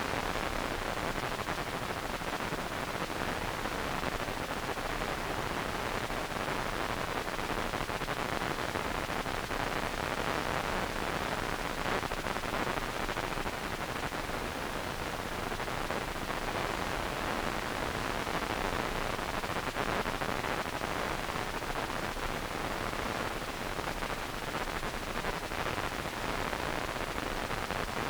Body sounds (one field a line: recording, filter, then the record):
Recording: brain microelectrode recording played as sound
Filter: wide band, above 20 Hz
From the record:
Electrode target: subthalamic nucleus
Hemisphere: right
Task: reaching with the left hand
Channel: 2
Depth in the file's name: 5.102 mm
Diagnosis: Parkinson's disease